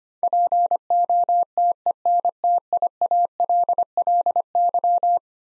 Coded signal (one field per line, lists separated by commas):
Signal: Morse code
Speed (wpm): 25 wpm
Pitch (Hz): 700 Hz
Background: none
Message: POTENTIALLY